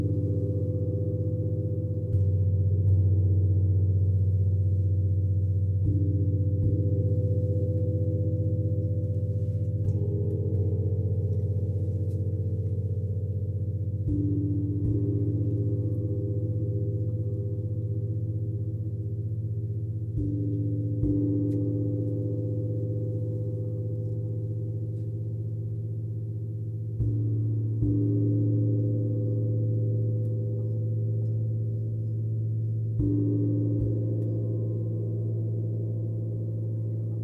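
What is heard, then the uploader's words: Deep gongs and singing bowls hum in a continuous, low, layered drone that never drops away. Soft strikes land roughly every four to six seconds, near 6, 10, 14, 20, 27 and 33 seconds, each briefly shifting the pitch of the ringing tones. Sound therapist and energy healer Natalie Grace leads you through a sound bath meditation using gongs, drums and Tibetan singing bowls.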